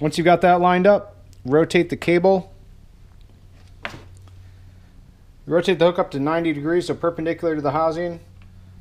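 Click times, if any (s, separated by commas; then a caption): none. Someone talks while rebuilding the power antenna on a 1987 Grand National (G-Body Turbo Regal), rotating the hook on the new antenna cable to 90 degrees, perpendicular to the plastic housing, so it can go into the bottom of the motor drive gear. Between bursts of talk there is a brief sharp tick at about 3.9 s over a steady low hum. The hook is only being handled, and nothing has seated or clicked into the gear yet.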